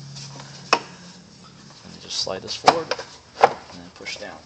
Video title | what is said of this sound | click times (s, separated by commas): RPi E92/E90 Ram Air Scoops Installation | you'll see it snap into place. | 0.7 s